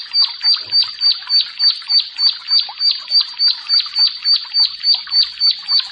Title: Ciblek Sawah